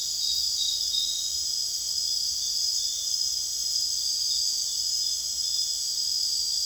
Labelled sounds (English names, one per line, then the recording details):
none
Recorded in secondary vegetation near Puerto Asís, Putumayo, Colombia, on 22 June 2025 at 22:30
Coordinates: 0.485, -76.322
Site GP06